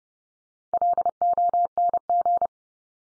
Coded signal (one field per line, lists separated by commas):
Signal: Morse code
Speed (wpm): 30 wpm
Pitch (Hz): 700 Hz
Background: none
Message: LONG